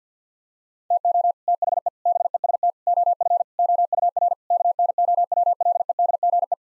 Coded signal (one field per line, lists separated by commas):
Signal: Morse code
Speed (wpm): 50 wpm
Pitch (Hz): 700 Hz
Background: none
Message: TO THE BEST OF OUR KNOWLEDGE